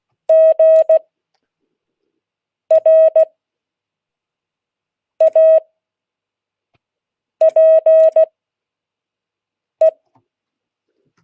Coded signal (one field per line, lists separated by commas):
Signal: Morse code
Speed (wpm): 16 wpm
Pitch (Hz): 640 Hz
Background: none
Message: GRAPE